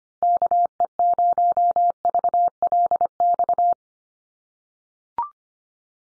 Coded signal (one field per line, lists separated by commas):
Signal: Morse code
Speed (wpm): 25 wpm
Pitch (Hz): 700 Hz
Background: none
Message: KE0VLX